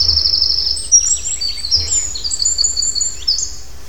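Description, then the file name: Eurasian wren delivering a rapid high-pitched song of tinkling trills and quick chattering notes throughout, over a low rumbling background. "Troglodytes troglodytes"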